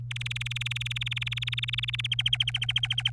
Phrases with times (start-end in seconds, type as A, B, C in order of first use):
0.11-2.07 A, 2.12-3.10 B